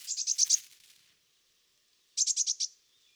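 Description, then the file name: Eurasian blue tit calling two rapid bursts of five or six high, sharp notes, separated by a pause of over a second. "Cyanistes caeruleus"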